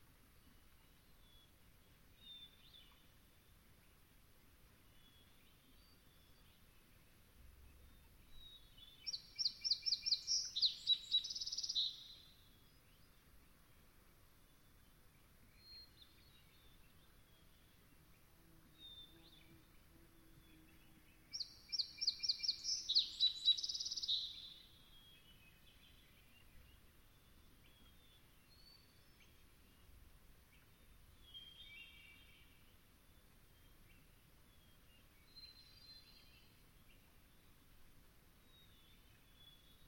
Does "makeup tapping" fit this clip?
no